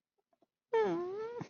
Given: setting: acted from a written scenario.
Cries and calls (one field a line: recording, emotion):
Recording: vocal sound without words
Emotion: sadness